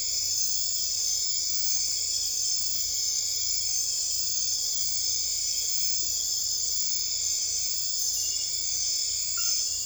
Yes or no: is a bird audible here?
no